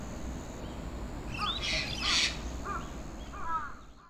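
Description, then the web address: Bird calls: a few short arched notes and a couple of harsh, rasping bursts, over steady low background noise. "yacho koe"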